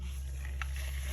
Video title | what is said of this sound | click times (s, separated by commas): Mag Funnel Installation | and then you're gonna have to just put a little pressure and hear it snap on | 0.6 s